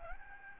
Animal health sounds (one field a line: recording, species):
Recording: mosquito wingbeat signal from an infrared sensor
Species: Aedes albopictus